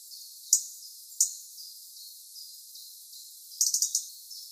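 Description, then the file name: European robin with single sharp ticks followed later by a quick run of several clicking notes, faint thin sounds in between. "Erithacus rubecula"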